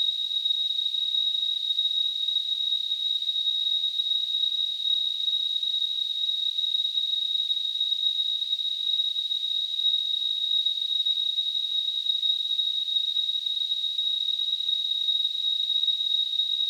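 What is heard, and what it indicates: Simulated tinnitus: a steady, high-pitched ringing tone that holds unchanged throughout.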